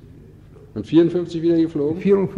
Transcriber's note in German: flüsternd im Hintergrund